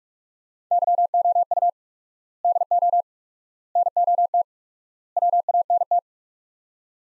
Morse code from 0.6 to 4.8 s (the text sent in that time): YOU DO NOT